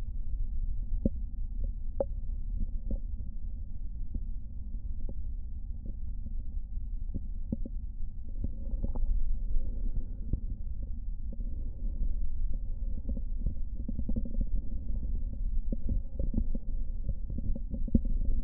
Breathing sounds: lung sounds by stethoscope; right posterior basal chest; quiet breathing, then deep breathing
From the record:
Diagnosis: COPD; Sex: male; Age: 69 years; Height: 162 cm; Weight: 124.8 kg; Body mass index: 47.6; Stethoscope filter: diaphragm mode

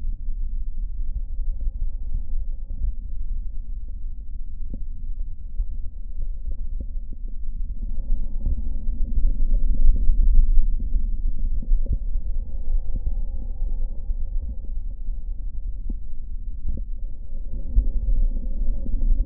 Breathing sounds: lung sounds by stethoscope; right posterior basal chest; quiet breathing, then deep breathing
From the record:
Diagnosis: COPD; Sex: male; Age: 60 years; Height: 171 cm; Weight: 59.4 kg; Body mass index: 20.3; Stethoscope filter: diaphragm mode

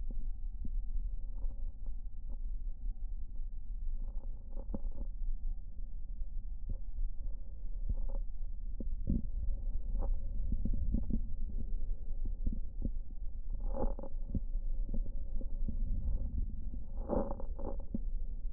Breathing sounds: lung sounds by stethoscope; right anterior apical chest; quiet breathing, then deep breathing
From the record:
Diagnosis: COPD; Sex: male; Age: 70 years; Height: 183 cm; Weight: 116 kg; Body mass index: 34.6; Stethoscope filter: diaphragm mode

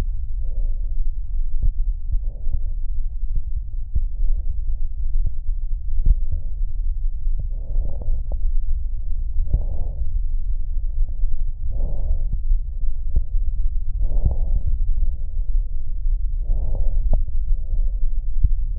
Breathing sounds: lung sounds by stethoscope; left anterior apical chest; quiet breathing, then deep breathing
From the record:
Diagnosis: COPD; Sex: male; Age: 72 years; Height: 172 cm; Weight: 58.6 kg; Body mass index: 19.8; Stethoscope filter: extended mode

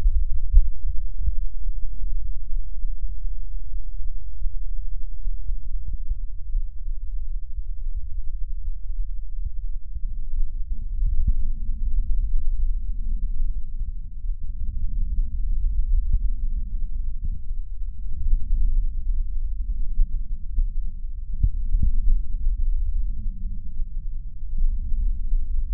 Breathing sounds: lung sounds by stethoscope; right posterior apical chest; quiet breathing, then deep breathing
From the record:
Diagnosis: pulmonary infection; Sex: male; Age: 86 years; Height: 165 cm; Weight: 65 kg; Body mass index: 23.9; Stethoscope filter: bell mode

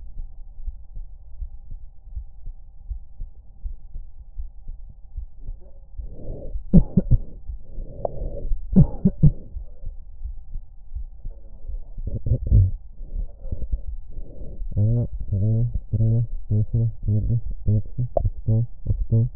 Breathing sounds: lung sounds by stethoscope; left anterior apical chest; quiet breathing, then cough and speech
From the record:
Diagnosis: none (healthy); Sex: male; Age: 29 years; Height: 180 cm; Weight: 100 kg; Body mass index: 30.9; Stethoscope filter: extended mode

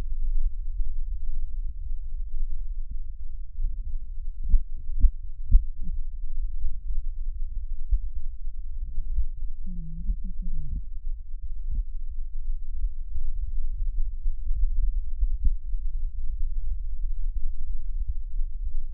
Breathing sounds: lung sounds by stethoscope; left anterior apical chest; quiet breathing, then cough and speech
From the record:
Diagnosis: COPD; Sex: female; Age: 75 years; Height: 155 cm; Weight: 67.6 kg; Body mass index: 28.1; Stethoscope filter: bell mode

